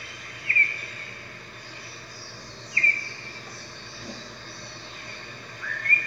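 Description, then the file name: Red-whiskered bulbul giving three clipped chirps spaced a few seconds apart over steady background noise. "Red-whiskered Bulbul Voice"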